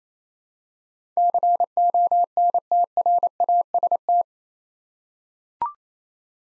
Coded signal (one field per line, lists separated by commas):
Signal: Morse code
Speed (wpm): 29 wpm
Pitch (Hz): 700 Hz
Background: none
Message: CONTRAST